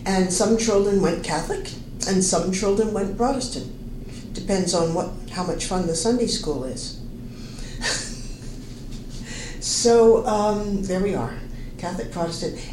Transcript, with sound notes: and some children went Catholic, and some children went Protestant, depends on how much fun the Sunday school was. [laughs] So there we are Catholic and Protestant.